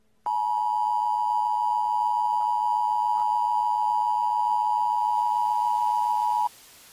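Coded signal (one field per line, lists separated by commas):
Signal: Emergency Alert System (SAME) tones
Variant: 853 and 960 Hz attention tone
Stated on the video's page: Fictional Emergency Alert System tsunami scenario; simulated.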